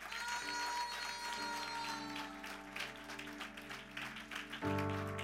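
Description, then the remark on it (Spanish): An audience at an evening church service claps for the Lord, steadily over sustained organ-like keyboard chords, the applause blending into the music and swelling slightly louder toward the end. “Dele un fuerte aplauso al Señor esta noche.”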